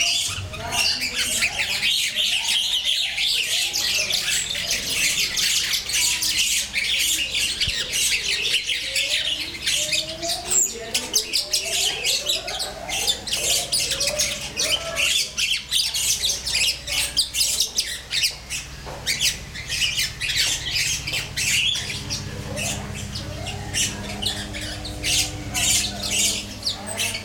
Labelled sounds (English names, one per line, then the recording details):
Black-necked Aracari
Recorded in captivity
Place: Zoo Berlin, Berlin, DE
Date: 1996-05-05 13:00
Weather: wolkig, 6-8°C
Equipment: Sony MD-WM MZ-R3, Sennheiser MKH 416 T, Kopie Uher 4000 Report Monitor
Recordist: Tembrock, Günter